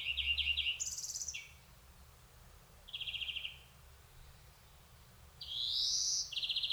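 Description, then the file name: European greenfinch: a rattling trill and higher buzzy note, a lone short trill after a pause, then a long rising wheeze ending in another trill. "Chloris chloris"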